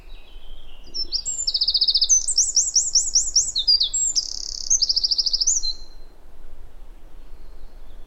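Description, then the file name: Eurasian wren singing a rapid, high-pitched outpouring of metallic trills and sweeping repeated notes, with low background rumble throughout. "Troglodytes troglodytes"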